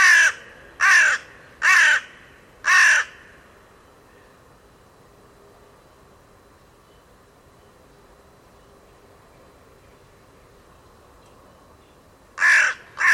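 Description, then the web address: Bird calling: a quick run of four harsh caws, then nearly ten seconds of quiet, then two more caws. Calls rendered as "Co Co Co Co". "cianscape birddata Deverinetal 2025 Bird Only Co Co Co Co"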